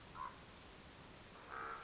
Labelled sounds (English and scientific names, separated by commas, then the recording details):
Common Raven (Corvus corax)
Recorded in Sonoma County, California